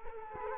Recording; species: mosquito wingbeat signal from an infrared sensor; Culex quinquefasciatus